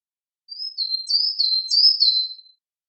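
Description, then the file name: Bird song: a short, clean run of high, sweet chirping notes in a few quick slurred phrases lasting about two seconds, with silence before and after. "Birdsong Single"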